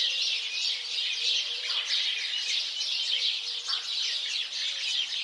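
House sparrows chirping together in a thick, unbroken babble of high tweets, with a couple of lower notes dipping out of the chatter.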